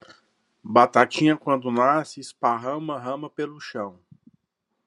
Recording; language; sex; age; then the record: short text; Brazilian Portuguese; male; 40 to 49 years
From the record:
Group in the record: control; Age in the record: 47 years